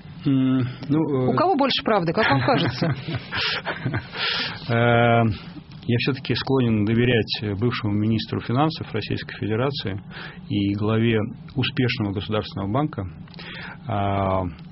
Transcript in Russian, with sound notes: Ну...
У кого больше правды, как вам кажется?
(смеется) Я, все-таки, склонен доверять бывшему министру финансов Российской Федерации и главе успешного государственного банка.